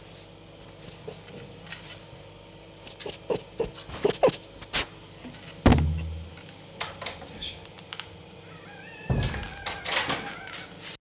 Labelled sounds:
Red Fox

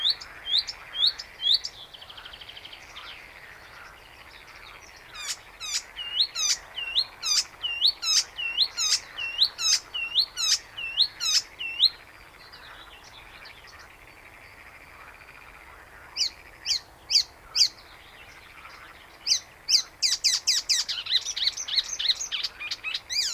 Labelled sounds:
Icterine Warbler

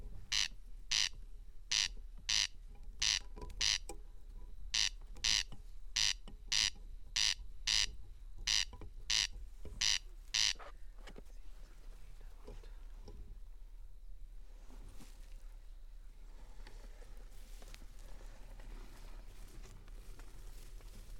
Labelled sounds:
Corn Crake song

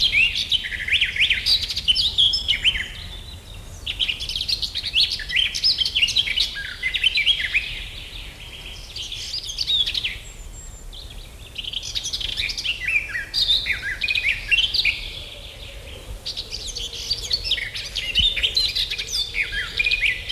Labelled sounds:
Garden Warbler song

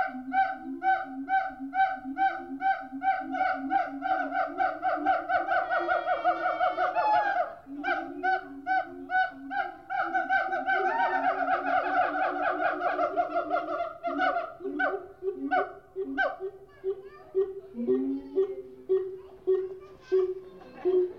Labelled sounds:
Siamang

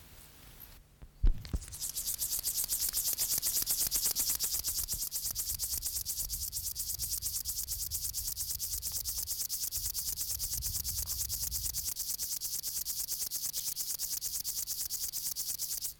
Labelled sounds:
Upland Field Grasshopper stridulation

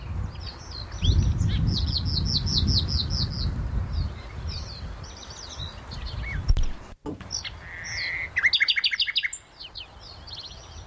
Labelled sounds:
Common Nightingale song

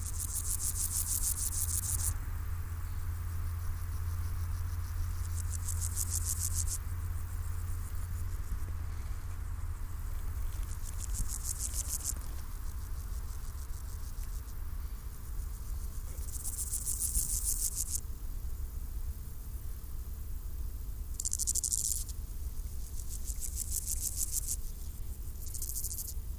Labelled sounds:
Water-meadow Grasshopper stridulation

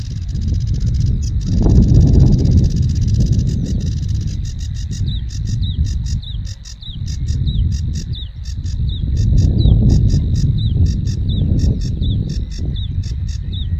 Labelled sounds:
Sedge Warbler song

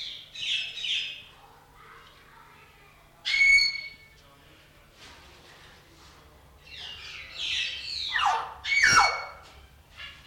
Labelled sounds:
Common Hill Myna call

